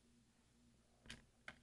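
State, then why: Released. The plastic right arrow keycap of an Early 2011 13-inch MacBook Pro (model 1278, 2.3 GHz Core i5, MC700, Type J keyboard) is pried up with a tool from its bottom edge while a finger holds down the top part. After a quiet low hum, two sharp clicks ring out at 1.1 s and 1.5 s as the keycap snaps off its scissor bracket and is released.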